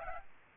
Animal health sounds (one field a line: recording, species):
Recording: mosquito wingbeat signal from an infrared sensor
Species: Aedes aegypti